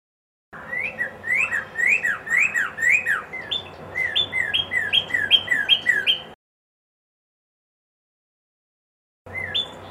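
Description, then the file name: Red-crested cardinal song, a long run of quick slurred whistles that shifts to higher clipped notes, then silence and a brief restart. Song variation 3. "suara kicauan burung red crested cardinal variasi 3 omkicau"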